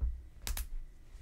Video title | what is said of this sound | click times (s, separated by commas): Scrap Happy Snake Crochet Pattern #crochet #crochetvideo #scraphappy | and then we're just going to take that safety eye backing and put that on nice and secure until you hear it snap | 0.5 s